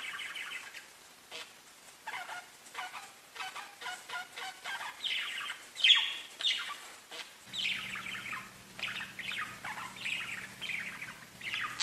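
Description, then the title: Budgerigar chatter of rapid scratchy chirps and squeaks; a low steady hum joins partway through. "Budgie Sounds"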